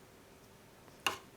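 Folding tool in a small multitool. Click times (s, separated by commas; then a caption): 1.1 s. A non-locking steel tool is folded out of a small Leatherman Wingman multitool, and a faint tick at 0.9 s comes just before a sharp detent click at 1.1 s. The tool clicks into place rather than locking.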